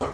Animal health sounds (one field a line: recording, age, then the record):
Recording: pig call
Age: growing-finishing pig (85 days or more)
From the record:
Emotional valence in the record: positive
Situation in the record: run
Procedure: transit